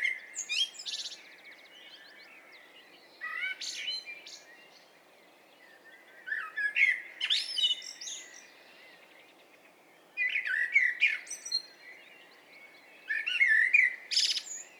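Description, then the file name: Common blackbird song, mellow fluted phrases each ending in high squeaky twitters, several bursts separated by pauses. "Turdus merula"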